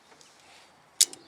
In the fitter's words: There's a click.